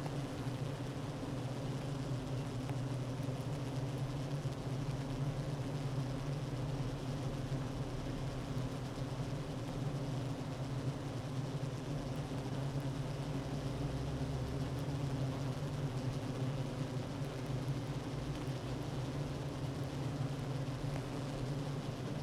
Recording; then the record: honeybee colony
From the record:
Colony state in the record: active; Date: 12 June 2018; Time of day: 9:49